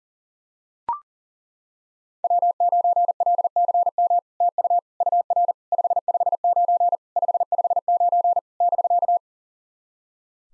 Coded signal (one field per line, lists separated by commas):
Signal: Morse code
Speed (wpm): 40 wpm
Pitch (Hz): 700 Hz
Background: none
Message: W9LCM TU UR 559 559 <BK>